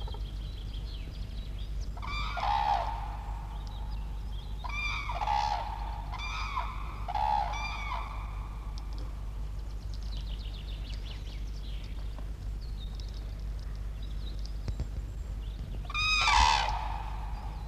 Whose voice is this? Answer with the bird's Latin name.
Grus grus